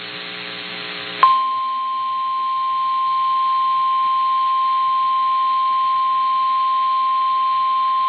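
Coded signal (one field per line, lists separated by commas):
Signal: Emergency Alert System (SAME) tones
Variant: 853 and 960 Hz attention tone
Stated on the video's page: Severe thunderstorm warning SAME tones received with some bad reception, also relayed by an FM broadcast station with good reception.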